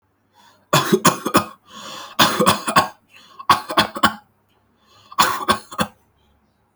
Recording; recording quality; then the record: shallow voluntary cough; excellent, no background noise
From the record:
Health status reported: healthy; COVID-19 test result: negative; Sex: male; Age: 34 years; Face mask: not worn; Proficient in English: yes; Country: India